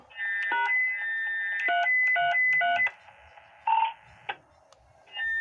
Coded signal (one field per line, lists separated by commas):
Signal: DTMF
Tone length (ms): 170 ms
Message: # 333